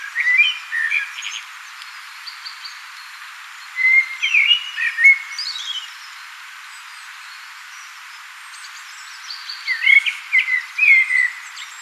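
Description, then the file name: Common blackbird song in bursts: warbled fluty phrases with scratchy high flourishes at the start, middle and end, quiet pauses between. "Turdus merula"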